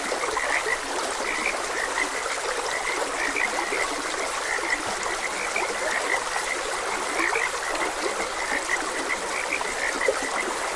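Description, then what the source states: Frog chorus with many overlapping short croaks in quick succession, set against continuous stream noise. Frogs croaking beside a gentle stream.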